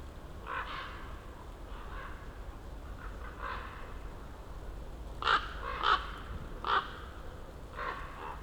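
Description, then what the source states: Common ravens giving harsh croaking calls, a few soft ones early then three louder croaks close together near the end, over steady low rumble. Several ravens circling for over ten minutes above a mountain slope, recorded from among young beeches on Patnik mountain side, Goworów, Poland, on a New Year's walk; Zoom F4, AT BP4025.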